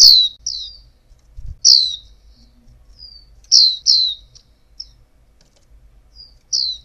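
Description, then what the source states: Oriental white-eye giving bright, high descending chirps, sometimes doubled, interspersed with faint softer notes and a brief low thump. Female.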